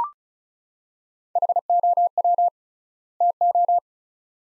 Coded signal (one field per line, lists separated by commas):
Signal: Morse code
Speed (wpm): 36 wpm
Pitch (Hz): 700 Hz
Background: none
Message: HOW TO